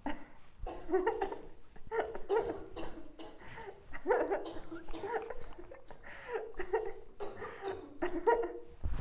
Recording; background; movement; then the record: laughter; a bystander coughing; sitting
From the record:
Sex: female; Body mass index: 18.8 kg/m2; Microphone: on the chest, facing outward